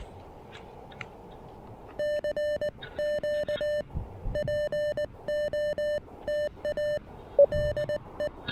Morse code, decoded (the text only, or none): CQ POTA LE